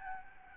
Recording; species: mosquito wingbeat signal from an infrared sensor; Aedes albopictus